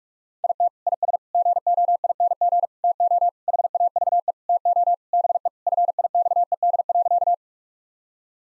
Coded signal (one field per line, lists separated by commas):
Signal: Morse code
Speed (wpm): 46 wpm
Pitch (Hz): 700 Hz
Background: none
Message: IT IS GOING TO HAVE TO BE FIXED.